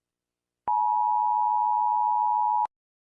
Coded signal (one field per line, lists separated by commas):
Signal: Emergency Alert System (SAME) tones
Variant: 853 and 960 Hz attention tone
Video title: Rating EAS Alarms!